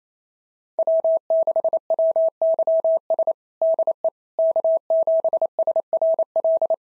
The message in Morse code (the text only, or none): W6WYS DE K7SRL